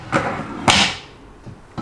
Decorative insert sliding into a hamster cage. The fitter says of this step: when you hear the click you know it's secured.